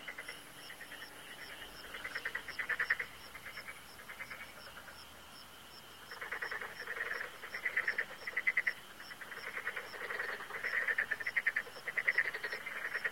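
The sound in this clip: Frog calls in bouts of fast pulsed rattles separated by pauses, with a steady high ticking in the background.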